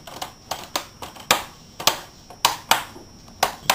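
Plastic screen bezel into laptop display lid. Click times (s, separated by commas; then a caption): 1.3 s, 1.9 s, 2.5 s, 2.7 s, 3.4 s, 3.7 s. A plastic screen bezel is pressed onto the display lid of an HP G71-340US laptop, working around the edge. Sharp clicks sound at 1.3, 1.9, 2.5, 2.7, 3.4 and 3.7 seconds as the clips snap home. The bezel is seated all around.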